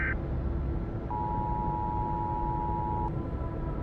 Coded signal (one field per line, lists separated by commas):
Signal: Emergency Alert System (SAME) tones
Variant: 853 and 960 Hz attention tone